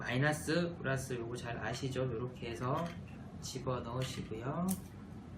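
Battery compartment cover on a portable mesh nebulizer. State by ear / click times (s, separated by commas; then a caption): not seated / none. Someone talks throughout while handling the battery compartment cover of a portable handheld mesh nebulizer after two batteries have gone in with the polarity lined up. Nothing has seated or clicked yet, and the cover has not snapped into place by the end.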